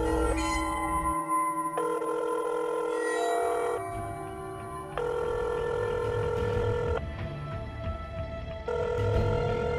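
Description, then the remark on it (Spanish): A telephone rings on an outgoing call, steady electronic tones repeating in blocks of a second or two, holding a bright, buzzing pitch with no voices. “Voy a llamar.”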